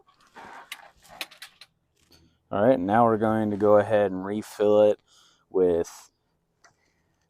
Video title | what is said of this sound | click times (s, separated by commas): Oil Change Dodge Caravan (2008-2020 Models) | so as soon as we hear that click we're good | 1.2 s